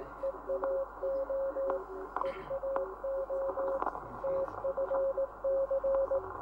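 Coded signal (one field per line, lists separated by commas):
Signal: Morse code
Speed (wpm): 18 wpm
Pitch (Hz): 540 Hz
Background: radio noise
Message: EAO EAO TFC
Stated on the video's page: Professional coast station operators sending close-down messages on 500 kHz in the United Kingdom, answered by nearby and distant coast stations, including a transatlantic contact.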